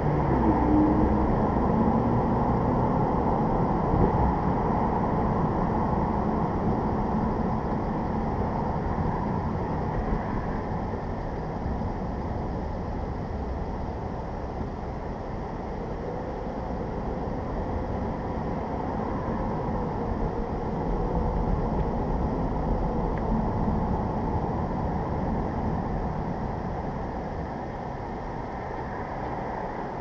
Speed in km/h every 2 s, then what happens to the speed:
39, 47, 47, 44, 34, 26, 19, 15, 18, 26, 32, 35, 31, 24, 10.
0-3 speeds up to 47. 3-14 slows to 15. 14-22 speeds up to 35. 22-30 brakes to 10.